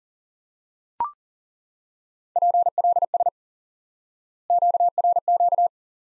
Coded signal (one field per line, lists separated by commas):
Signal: Morse code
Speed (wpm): 38 wpm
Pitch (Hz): 700 Hz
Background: none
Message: PLS QRQ